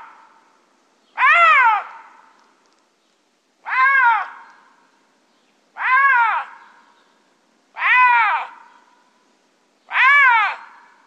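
Lynx calling repeatedly: five short, arched, nasal mewing cries, roughly one every two seconds, each rising then falling.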